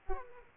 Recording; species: mosquito wingbeat signal from an infrared sensor; Aedes aegypti